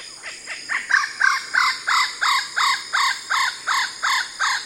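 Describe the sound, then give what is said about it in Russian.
A kookaburra's laughing call, heard in Sydney: a loud, steady run of about a dozen harsh, cackling notes, each rising and falling in pitch, repeated rhythmically with no voices present. “И оказалось, что это тоже очень обычная птица, и вот этот вот смех их, он разносится в Сиднее практически постоянно, их очень много.”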